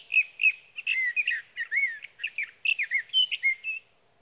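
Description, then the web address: Sage thrasher warbling a quick series of varied, partly repeated notes, some sliding downward, in a long run of bright phrases. "birdsongforthecurious Sage Thrasher"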